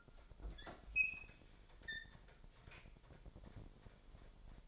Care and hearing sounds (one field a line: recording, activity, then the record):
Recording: daily activity, microphone in the room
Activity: open fridge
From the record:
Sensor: 5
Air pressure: 1002.1 hPa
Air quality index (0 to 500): 222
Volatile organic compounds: 27 ppm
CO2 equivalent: 2895 ppm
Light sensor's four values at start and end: 9/22/9/10 and 10/24/10/11